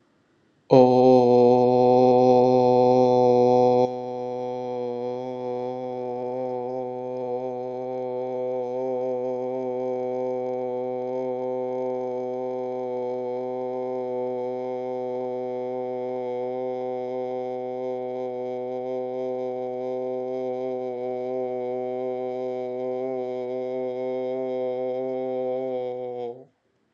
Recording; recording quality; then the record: sustained vowel as in boot; excellent, no background noise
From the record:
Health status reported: COVID-19 positive, mild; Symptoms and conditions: cough, cold, sore throat, fever, fatigue, muscle pain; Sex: male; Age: 25 years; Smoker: not ticked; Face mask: worn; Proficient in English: yes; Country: India